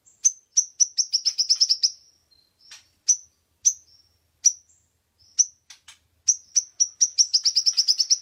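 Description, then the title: Oriental magpie-robin song: high, sharp chirped notes in fast rattling runs, a few spaced single notes in the middle, then another rapid burst of repeated chirps. Champion bird singing actively and constantly ('gacor'); masteran (tutor) song. "Kacer Juara Gacor"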